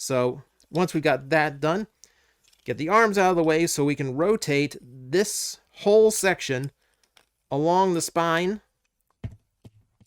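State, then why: Seated. Someone talks while transforming a Legacy Evolution Leo Prime robot toy, moving the arms out of the way and rotating the plastic section along the spine. After the talking stops, a few faint plastic clicks follow, and the strongest, at 9.2 s, is the spine section clicking into place in its small recess in the body.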